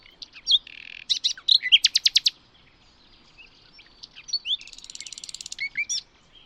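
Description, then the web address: Bird song, a varied burst of rapid high chirps and trills, a fast buzzy trill in the middle, then a second trilled phrase after a short pause. "Bird Only"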